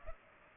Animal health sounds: mosquito wingbeat signal from an infrared sensor; Culex pipiens

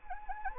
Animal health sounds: mosquito wingbeat signal from an infrared sensor; Anopheles arabiensis

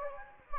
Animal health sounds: mosquito wingbeat signal from an infrared sensor; Anopheles gambiae

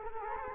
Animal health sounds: mosquito wingbeat signal from an infrared sensor; Culex quinquefasciatus

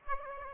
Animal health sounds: mosquito wingbeat signal from an infrared sensor; Aedes aegypti

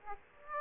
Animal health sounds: mosquito wingbeat signal from an infrared sensor; Aedes aegypti

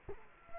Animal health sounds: mosquito wingbeat signal from an infrared sensor; Culex quinquefasciatus

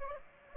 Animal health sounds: mosquito wingbeat signal from an infrared sensor; Aedes aegypti

